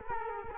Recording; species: mosquito wingbeat signal from an infrared sensor; Culex quinquefasciatus